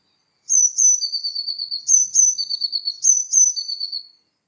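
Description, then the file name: Eurasian blue tit calling: two high thin notes dropping into a lower buzzy churring trill, the phrase given three times within four seconds against a quiet background. "Cyanistes caeruleus"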